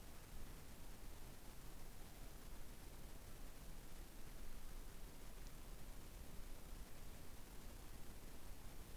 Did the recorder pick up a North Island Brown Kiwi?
no